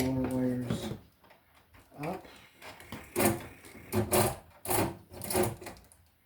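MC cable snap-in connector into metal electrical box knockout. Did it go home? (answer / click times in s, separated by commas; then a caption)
no / none. An MC cable snap-in connector is handled and pushed toward the knockout of a metal electrical box while someone talks, with a few short handling knocks between the words. Nothing has seated or clicked yet.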